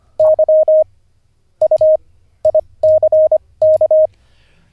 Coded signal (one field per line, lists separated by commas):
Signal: Morse code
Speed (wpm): 25 wpm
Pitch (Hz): 620 Hz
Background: none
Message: Y U ICK